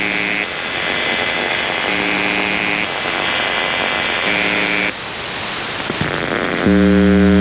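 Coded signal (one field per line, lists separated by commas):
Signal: numbers station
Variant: UVB-76 (The Buzzer)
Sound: short harsh buzzes repeating about every two seconds through heavy static, no voice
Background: radio static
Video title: The Buzzer/UVB-76(4625Khz) May 11th, 2023 Voice messages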